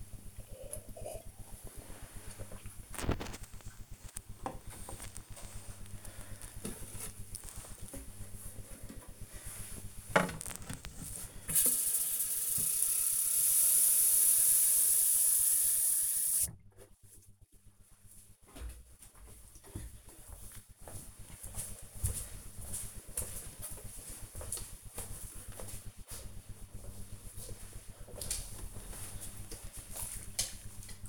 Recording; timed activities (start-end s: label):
household activities, microphone on the right wrist
0.00-2.06 s: drinking
8.11-31.09 s: watering plant